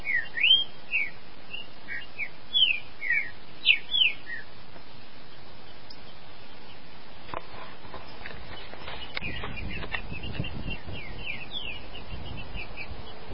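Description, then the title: Green-winged saltator song: a run of clear, slurred whistles at the start, then quieter whistled notes and faint background noise for the rest. "Trinca Ferro"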